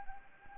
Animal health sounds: mosquito wingbeat signal from an infrared sensor; Anopheles arabiensis

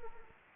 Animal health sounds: mosquito wingbeat signal from an infrared sensor; Anopheles arabiensis

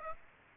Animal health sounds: mosquito wingbeat signal from an infrared sensor; Aedes aegypti

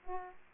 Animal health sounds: mosquito wingbeat signal from an infrared sensor; Aedes aegypti

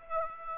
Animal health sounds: mosquito wingbeat signal from an infrared sensor; Aedes aegypti

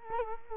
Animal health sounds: mosquito wingbeat signal from an infrared sensor; Culex quinquefasciatus

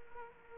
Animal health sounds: mosquito wingbeat signal from an infrared sensor; Aedes aegypti

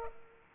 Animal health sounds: mosquito wingbeat signal from an infrared sensor; Aedes aegypti

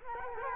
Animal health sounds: mosquito wingbeat signal from an infrared sensor; Culex quinquefasciatus

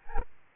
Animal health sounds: mosquito wingbeat signal from an infrared sensor; Aedes albopictus

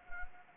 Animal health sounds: mosquito wingbeat signal from an infrared sensor; Anopheles gambiae

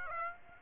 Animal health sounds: mosquito wingbeat signal from an infrared sensor; Aedes aegypti

